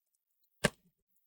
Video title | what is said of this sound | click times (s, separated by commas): Upgrade RAM on Asus Br1100ck 🚫Not Possible🚫 | we're going to squeeze the corners and we want to hear those big clicks. | 0.6 s